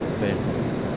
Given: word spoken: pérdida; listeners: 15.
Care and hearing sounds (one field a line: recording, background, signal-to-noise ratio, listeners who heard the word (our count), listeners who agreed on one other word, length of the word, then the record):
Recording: one Spanish word in noise, from a listening test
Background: speech-shaped noise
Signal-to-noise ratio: -5.9 dB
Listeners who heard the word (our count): 0 of 15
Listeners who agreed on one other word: 8 of 15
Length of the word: 0.57 s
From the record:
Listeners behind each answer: 8, 2, 2, 1, 1, 1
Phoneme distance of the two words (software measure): 41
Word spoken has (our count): 3 syllables, 7 phonemes, stress on syllable 1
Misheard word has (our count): 2 syllables, 4 phonemes, stress on syllable 1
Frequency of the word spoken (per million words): 68.27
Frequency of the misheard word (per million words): 44.48